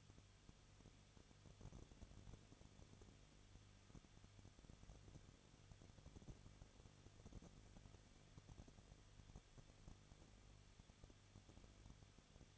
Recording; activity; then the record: daily activity, microphone in the room; no activity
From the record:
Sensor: 4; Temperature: 23.0 degrees Celsius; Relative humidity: 34.6%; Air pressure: 1007.3 hPa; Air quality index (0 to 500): 217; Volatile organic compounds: 15 ppm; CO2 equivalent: 2516 ppm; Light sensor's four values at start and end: 2/3/1/1 and 2/3/1/1